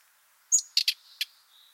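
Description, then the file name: Common nightingale giving one short high whistle run straight into three dry, rasping notes. "Luscinia megarhynchos"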